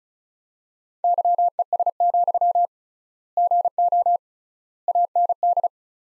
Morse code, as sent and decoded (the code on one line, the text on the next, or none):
-.-- . ... --..-- / --. --- / .- -. -..
YES, GO AND